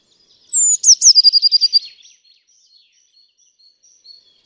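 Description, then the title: Eurasian blue tit song: one high sliding whistle then a quick even trill, followed by faint short notes. "Eurasian Blue Tit (Cyanistes caeruleus)"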